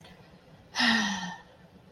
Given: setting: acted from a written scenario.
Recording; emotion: vocal sound without words; relief